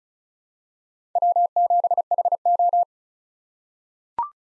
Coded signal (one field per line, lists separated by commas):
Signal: Morse code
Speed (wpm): 36 wpm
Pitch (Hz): 700 Hz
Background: none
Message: W7HO